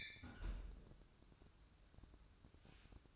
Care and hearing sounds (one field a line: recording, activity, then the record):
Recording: daily activity, microphone in the room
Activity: close fridge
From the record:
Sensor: 2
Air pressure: 1007.6 hPa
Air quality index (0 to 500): 54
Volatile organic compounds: 1 ppm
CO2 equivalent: 577 ppm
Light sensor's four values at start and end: 10/23/10/10 and 10/23/10/10